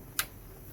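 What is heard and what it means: A crossbow bolt is pushed back along the rail of a Killer Instinct Lethal 405 crossbow into its retention, giving a single sharp, bright click at 0.2 s over a low, quiet background. The bolt is now seated.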